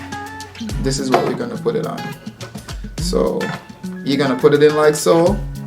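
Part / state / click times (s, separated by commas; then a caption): external desktop hard drive onto its adapter base box / not seated / none. An external desktop hard drive is lined up with its plastic adapter base box and being pushed onto it, while someone talks over background music with guitar. Short handling knocks and bumps are heard, but nothing has seated or clicked yet.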